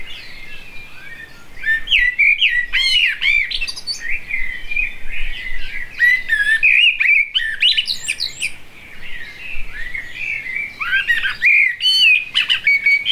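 Blackbird song, a dense stream of warbled whistles and sharp high twitters, starting softly and staying loud and busy throughout.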